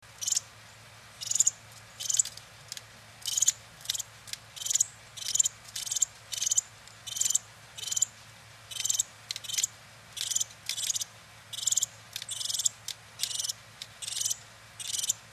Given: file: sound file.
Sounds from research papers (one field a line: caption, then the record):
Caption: The food begging calls of a male WP after deafening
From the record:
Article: Variable Food Begging Calls Are Harbingers of Vocal Learning